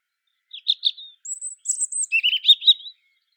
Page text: Птицы-целители - Зарянка (Erithacus rubecula)